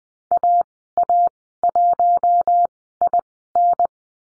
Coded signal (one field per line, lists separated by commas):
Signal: Morse code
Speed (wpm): 20 wpm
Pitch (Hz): 700 Hz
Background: none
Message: AA1IN